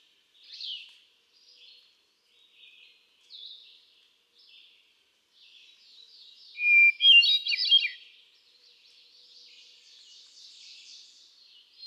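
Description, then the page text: Hermit thrush song: fainter song phrases, then a clear whistled note followed by a fluty, tumbling cascade of higher notes near seven seconds, then fainter phrases after. One male cycling through a repertoire of about ten different songs; recorded 13 June 2006 at Quabbin Park, Ware, Massachusetts. "Birdsong for the Curious Naturalist. Hermit thrush"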